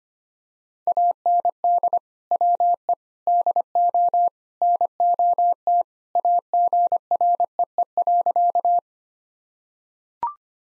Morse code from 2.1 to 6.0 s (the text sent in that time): WE DO NOT